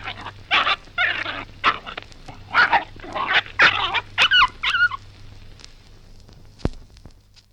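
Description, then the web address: Dogs fighting: harsh snarling bursts in quick succession, then a few high yelps, a sharp click near the end and fading quiet. Dog fight; breed unknown. "Sound Effects-BBC Dog"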